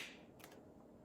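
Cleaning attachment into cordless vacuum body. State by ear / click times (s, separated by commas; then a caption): seated / 0.4 s. A plastic cleaning attachment is pushed onto the body of a Moolan Cordless 6-in-1 V1 PRO stick vacuum until it latches. A short, sharp click is heard at 0.4 s over quiet background noise, and the click means the attachment is seated and ready to use.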